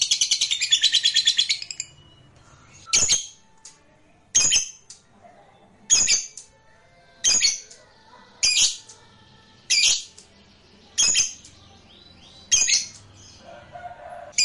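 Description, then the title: Lovebird starts with a brief rapid shrill trill, then switches to sharp scratchy chirps repeated about every one and a half seconds. Lovebird described as lazy to sing, becoming eager and spontaneously going straight into narik singing. "LOVEBIRD Malas Bunyi JADI GREGET SPONTAN Langsung NARIK"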